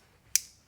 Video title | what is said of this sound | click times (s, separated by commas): Ultimate Showdown: Leatherman Wave Vs Gordon Multi Tool | you can hear that positive snap in there really solid lock on there | 0.3 s